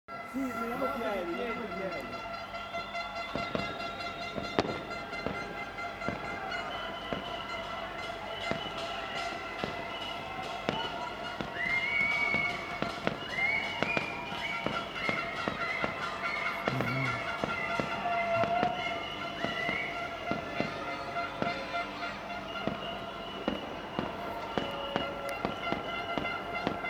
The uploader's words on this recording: Sounds of Palermo celebrating Euro Cup Final by Will Coley.